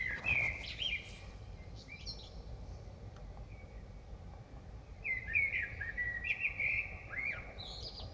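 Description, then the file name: Common blackbird song: two mellow whistled phrases with high scratchy endings, separated by a pause of several seconds, steady low noise beneath. Recorded in Dresden. "DRESDE Merle"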